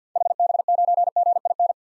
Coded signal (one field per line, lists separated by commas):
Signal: Morse code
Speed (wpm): 50 wpm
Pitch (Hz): 700 Hz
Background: none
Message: HB9GIN